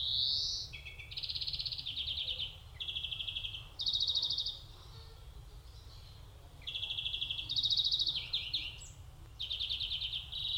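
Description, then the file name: European greenfinch giving a series of short, rapid trills and twittering phrases separated by pauses, over low steady background noise. "Chloris chloris"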